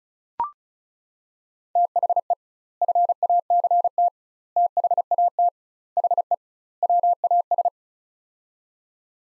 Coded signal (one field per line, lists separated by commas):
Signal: Morse code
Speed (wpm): 36 wpm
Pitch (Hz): 700 Hz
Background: none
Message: THE FACT THAT HE WAS